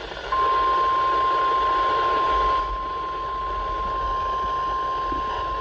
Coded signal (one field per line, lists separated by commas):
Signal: Emergency Alert System (SAME) tones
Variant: 1050 Hz attention tone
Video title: 2 Required Weekly Tests Alerts On WXL46 & KJY82 [EAS #271 - 272]